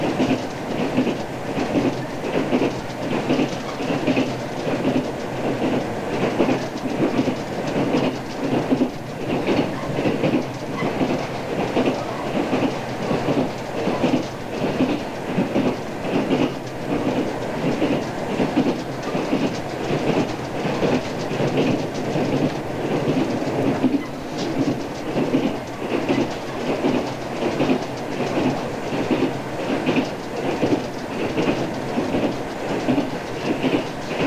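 Inside a Mugunghwa train rolling toward Onyang Oncheon station, a steady low rumble fills the car. Rapid, regular clatter from the wheels repeats throughout, several beats per second, with a faint hiss above. The running noise stays even, easing slightly near the 24-second mark.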